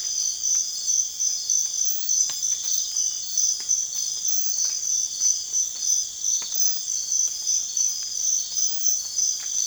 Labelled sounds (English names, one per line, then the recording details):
none
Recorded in pastures near Puerto Asís, Putumayo, Colombia, on 30 June 2025 at 05:00
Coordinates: 0.502, -76.324
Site G010